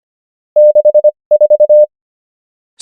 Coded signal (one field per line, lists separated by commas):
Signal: Morse code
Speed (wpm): 25 wpm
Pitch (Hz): 600 Hz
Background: none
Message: 64